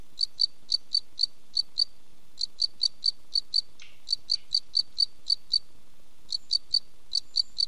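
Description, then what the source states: Cricket chirping, short high ringing pulses in a steady regular series, with brief pauses, and a faint soft sound midway. Close, soft, ringing cricket sound.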